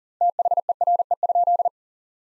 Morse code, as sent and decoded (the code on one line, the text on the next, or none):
- .... . .-. . ..--..
THERE?